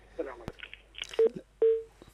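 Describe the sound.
Phone line tones sound as a caller's call ends on a call-in program: two loud, steady mid-pitched beeps, the second longer than the first, mixed with brief muffled voice fragments and clicks.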